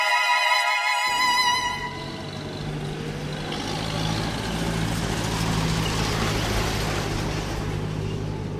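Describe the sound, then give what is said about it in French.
Giant trucks loaded with stones rumble past in the Norte Chico region of the Atacama Desert, Chile, amid gusts of cold wind and ochre dust, in a loud, steady roar of engine drone and road noise, opening with a brief high whining tone before the low growl takes over. No one speaks. “Des rafales de vent froid, des rouleaux de poussière ocre et un balai incessant de camions géants chargés de pierres.”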